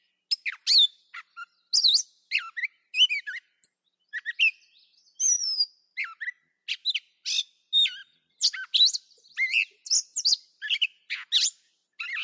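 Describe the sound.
Catbird delivering a long, rambling string of mixed squeaky, harsh and whistled notes, irregular in rhythm, with no other sounds.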